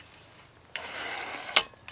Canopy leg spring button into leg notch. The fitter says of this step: until you hear a click now that you have your legs extended to the first notch